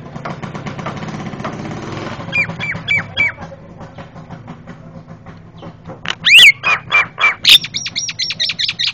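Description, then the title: Javan myna giving a noisy jumble of calls, a short chattering run, then a loud rising whistle and a fast series of buzzy notes. Very noisy calling, a master sound used for training cage birds. "Jalak Kebo Master Suara Super Berisik Buat Masteran"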